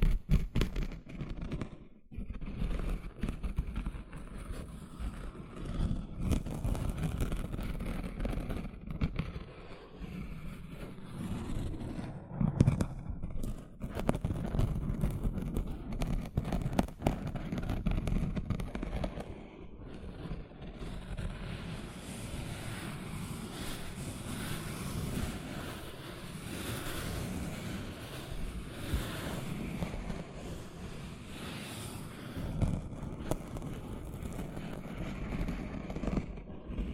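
Gentle scratching runs throughout, a dense stream of small rough strokes and ticks over a steady low rumble. Around the twenty-second mark the texture turns brighter and hissier, with a windy, washing quality, while the overall level stays fairly even.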